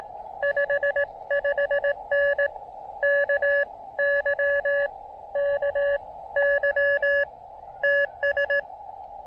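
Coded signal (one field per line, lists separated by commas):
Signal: Morse code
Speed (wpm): 16 wpm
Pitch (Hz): 590 Hz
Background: none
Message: 55N KY K Y TS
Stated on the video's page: Parks on the Air CW activation on 20, 30 and 17 meters.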